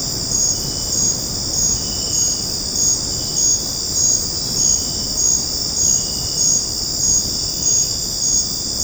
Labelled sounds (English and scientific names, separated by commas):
none